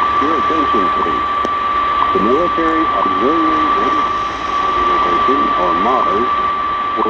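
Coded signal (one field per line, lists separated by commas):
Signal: radio time signal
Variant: WWV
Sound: steady high tone running the whole clip, with a voice talking underneath and shortwave hiss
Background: radio static, speech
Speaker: now colorado is actually taking over while hawaii is kind of fading out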